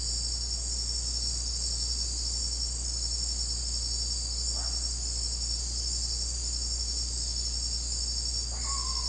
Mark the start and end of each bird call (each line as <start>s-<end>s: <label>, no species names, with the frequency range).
8.54s-9.09s: bird call (0.4-2.0 kHz)